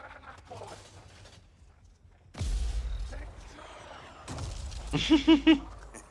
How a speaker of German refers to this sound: Okay, die Explosionen sehen echt angenehm aus. Voll wichtig, dass Explosionen gut aussehen.